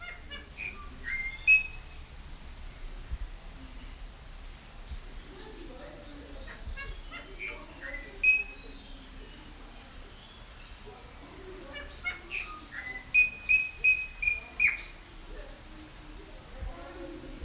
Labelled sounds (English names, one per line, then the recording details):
Golden Myna
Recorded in captivity
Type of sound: song, call, call sequence, twittering
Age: adult
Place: Zoo Berlin, Berlin, DE
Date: 1994-03-26 12:16
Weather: 4-5°C, bedeckt, z.T. Regen
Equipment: Marantz CP 430, Sennheiser ME 80, Kopie Uher Variocord 263
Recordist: Tembrock, Günter
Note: Eigentümliche Lautfolge (Wiederholung mit Variation)